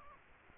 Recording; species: mosquito wingbeat signal from an infrared sensor; Aedes aegypti